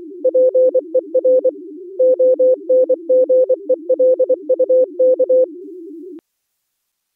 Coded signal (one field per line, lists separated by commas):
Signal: Morse code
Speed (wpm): 24 wpm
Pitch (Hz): 500 Hz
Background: none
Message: PER ONGELUK